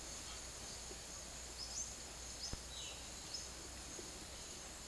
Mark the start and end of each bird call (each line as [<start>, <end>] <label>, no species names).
[1.43, 3.49] bird call